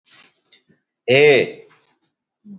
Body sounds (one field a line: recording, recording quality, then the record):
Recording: sustained vowel as in made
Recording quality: excellent, no background noise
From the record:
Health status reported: healthy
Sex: male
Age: 45 years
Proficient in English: yes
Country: India